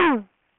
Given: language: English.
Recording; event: throat vibration sensor signal played as sound; throat clearing